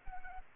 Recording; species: mosquito wingbeat signal from an infrared sensor; Anopheles arabiensis